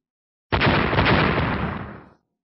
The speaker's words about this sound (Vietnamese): Lại vang tiếng nổ điếc tai, khóe miệng Tu Minh tràn máu, nhưng mà không lùi mà còn tiến lên.